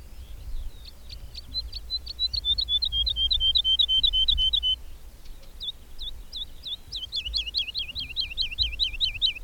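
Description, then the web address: Bird song starting with scattered chips, then a rapid trill, a short break, and a fast run of looping slurred notes; low background rumble. "madarak enek"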